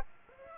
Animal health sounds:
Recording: mosquito wingbeat signal from an infrared sensor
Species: Aedes aegypti

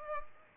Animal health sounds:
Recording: mosquito wingbeat signal from an infrared sensor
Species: Culex pipiens

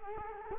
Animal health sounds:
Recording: mosquito wingbeat signal from an infrared sensor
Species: Culex quinquefasciatus

